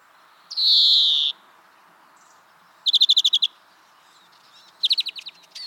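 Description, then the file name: European greenfinch giving one nasal wheeze, then two quick twittering trills of several notes each, separated by short pauses. "Chloris chloris"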